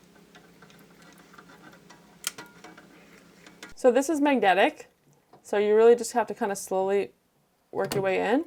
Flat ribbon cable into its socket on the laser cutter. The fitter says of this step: you have to listen for a click